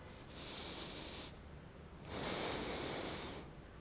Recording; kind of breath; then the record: one breath in and out by a microphone near the nose and mouth; deep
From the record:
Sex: male